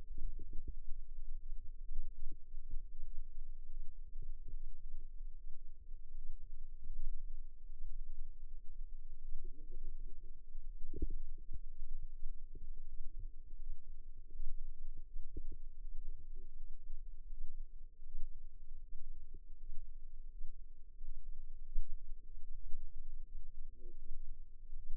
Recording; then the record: forearm muscle sounds (acoustic myography)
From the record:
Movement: rest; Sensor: system 2, bracelet of six BSWA MPA416 microphones around the upper forearm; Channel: 5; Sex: female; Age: 21 years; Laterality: right